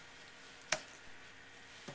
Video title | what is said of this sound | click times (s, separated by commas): INTEGRA's DOSE IT: Dual Pump Head Conversion | to the to the head that's already in place locks into place | 0.7 s